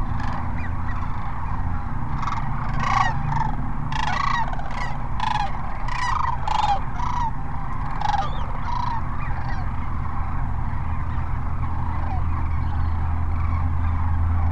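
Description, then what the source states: Sandhill cranes giving many overlapping rolling calls for about nine seconds, then going quiet, over a steady low rumble. Multiple sandhill cranes at Cochise Lakes, recorded January 30, 2019.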